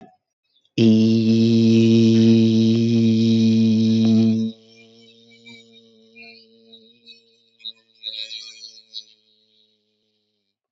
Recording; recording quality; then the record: sustained vowel as in beet; excellent, no background noise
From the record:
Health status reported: healthy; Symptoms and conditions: none ticked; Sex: male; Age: 18 years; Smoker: not ticked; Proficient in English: yes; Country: India